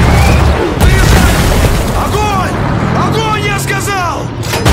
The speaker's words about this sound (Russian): Выстрел «Тигра».